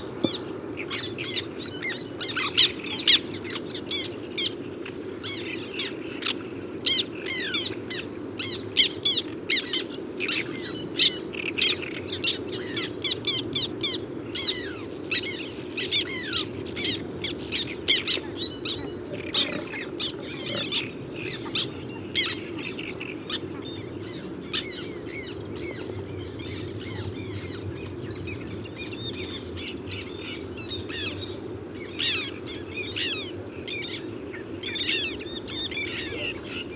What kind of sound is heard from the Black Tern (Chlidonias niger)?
call